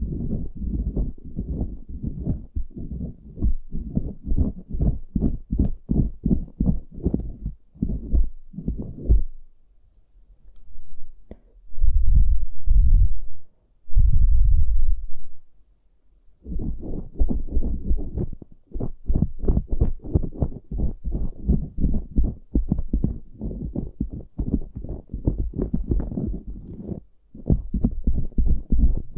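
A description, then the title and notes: Ear picking with a heartbeat simulation: dense, rapid low thumping pulses, closely spaced and fairly regular, run through most of the clip. Around 9 to 16 seconds the pulses stop, replaced by two longer muffled rumbles, then the fast thumping resumes until the end. Pure ear picking, heartbeat simulation.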